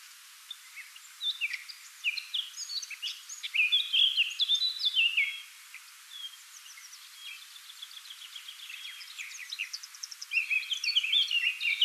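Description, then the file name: Eurasian Blackcap song: a busy warble of varied chirps and clear whistled notes that builds in the middle, fades, then rises again toward the end. "Sylvia atricapilla"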